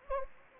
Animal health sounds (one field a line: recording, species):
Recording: mosquito wingbeat signal from an infrared sensor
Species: Anopheles gambiae